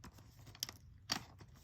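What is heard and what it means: The spring-loaded plastic legs of a vintage Kenner Jurassic Park Series 2 Utahraptor dinosaur action figure kick back from an attack pose into their locked standing position at the hip joint. Sharp plastic clicks are heard at 0.6 s and 1.1 s, with faint rattling before and after. The legs seat and lock in place.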